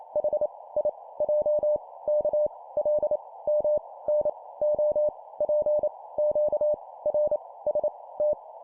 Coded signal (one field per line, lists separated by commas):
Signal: Morse code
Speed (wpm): 28 wpm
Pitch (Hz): 600 Hz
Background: none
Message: H I J K L M N O P Q R S T